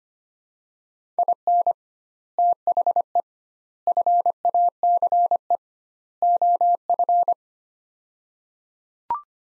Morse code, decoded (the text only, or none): IN THE FACE OF